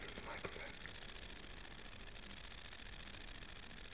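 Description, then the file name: Long-winged conehead stridulation: very high, sizzling bursts that swell and fade repeatedly over a noisy background. "Conocephalus discolor"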